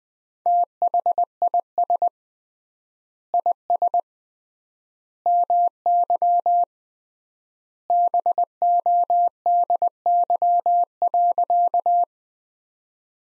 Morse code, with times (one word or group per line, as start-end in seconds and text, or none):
0.5-2.1 THIS
3.3-4.0 IS
5.3-6.6 MY
7.9-12.0 BODY.